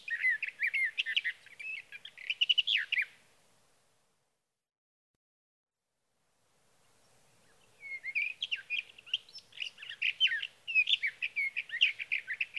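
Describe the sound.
Sage Thrasher song, a long rapid jumble of warbled, slurred notes lasting about three seconds, then a silent pause before another extended warbling burst resumes.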